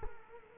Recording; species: mosquito wingbeat signal from an infrared sensor; Culex quinquefasciatus